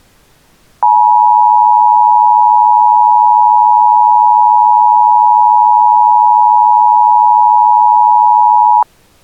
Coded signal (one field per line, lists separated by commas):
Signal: Emergency Alert System (SAME) tones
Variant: 853 and 960 Hz attention tone